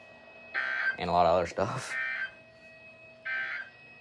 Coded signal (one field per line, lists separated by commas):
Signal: Emergency Alert System (SAME) tones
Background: speech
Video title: Long awaited (EAS 402-405)